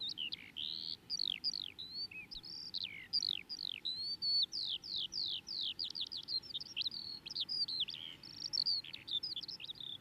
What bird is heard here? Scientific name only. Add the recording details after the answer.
Alauda arvensis. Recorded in the wild. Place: Michelstadt, OT Vielbrunn, Hessen, DE. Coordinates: 49.7139, 9.09778. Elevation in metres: 432. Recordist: Tretzel, Erwin. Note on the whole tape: Aufnahmedatum unbekannt, vermutlich Frühjahr 1976, Vielbrunn, Michelstadt: Gesang